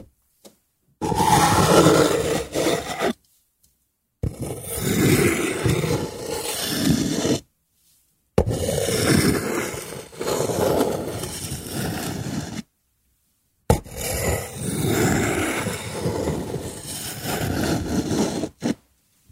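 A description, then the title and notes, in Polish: Wood being rubbed or rasped in four long, dense scraping strokes of about three to four seconds each, separated by short silences. ZAŚNIJ PRZY DŹWIĘKACH DREWNA! ASMR po polsku.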